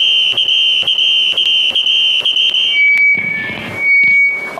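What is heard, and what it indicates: A piercing, steady high-pitched whistle runs through, broken by regular sharp ticks about once a second, then slides to a slightly lower squeal with some rustling noise. This is a simulated tinnitus sound, a squealing, howling ringing of the kind heard in the ear.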